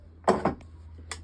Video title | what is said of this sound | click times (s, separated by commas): Prepping for Crawling. How to change connectors from XT90 to EC5 on 4s lipo batteries for Xmaxx | that's now it clicks into place that's now in | 1.1 s